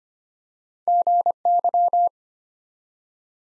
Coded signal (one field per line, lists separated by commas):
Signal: Morse code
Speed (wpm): 25 wpm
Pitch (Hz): 700 Hz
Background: none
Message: GY